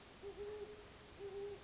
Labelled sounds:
Great Horned Owl (Bubo virginianus)
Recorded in Sonoma County, California

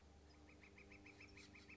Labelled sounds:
Northern Flicker (Colaptes auratus)
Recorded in Sonoma County, California

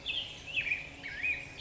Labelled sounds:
Black-headed Grosbeak (Pheucticus melanocephalus)
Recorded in Sonoma County, California

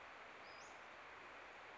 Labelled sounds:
Western Flycatcher (Empidonax difficilis)
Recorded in Sonoma County, California

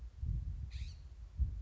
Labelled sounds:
California Scrub-Jay (Aphelocoma californica)
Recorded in Sonoma County, California

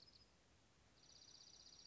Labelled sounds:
Dark-eyed Junco (Junco hyemalis)
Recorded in Sonoma County, California

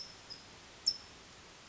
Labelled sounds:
California Towhee (Melozone crissalis)
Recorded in Sonoma County, California

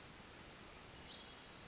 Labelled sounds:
Pacific Wren (Troglodytes pacificus)
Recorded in Sonoma County, California

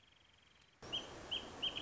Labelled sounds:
Wrentit (Chamaea fasciata)
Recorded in Sonoma County, California

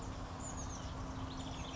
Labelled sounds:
Oak Titmouse (Baeolophus inornatus)
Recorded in Sonoma County, California

